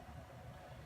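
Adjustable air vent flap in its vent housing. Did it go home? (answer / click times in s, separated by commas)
no / none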